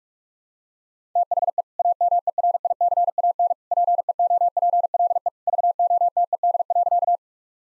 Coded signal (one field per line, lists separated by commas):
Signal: Morse code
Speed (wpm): 46 wpm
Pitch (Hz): 700 Hz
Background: none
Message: THE AMERICAN PEOPLE VOTED.